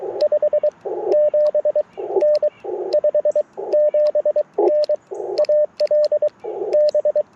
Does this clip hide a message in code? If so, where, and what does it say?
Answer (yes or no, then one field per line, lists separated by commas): yes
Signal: Morse code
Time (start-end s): 0.2-7.2 s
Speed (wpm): 23 wpm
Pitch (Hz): 600 Hz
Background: radio noise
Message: 57N 57N AL B